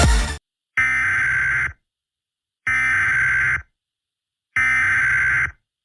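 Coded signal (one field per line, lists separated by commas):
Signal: Emergency Alert System (SAME) tones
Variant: header bursts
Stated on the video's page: Fictional EAS scenario, simulated alert made with editing software and text to speech.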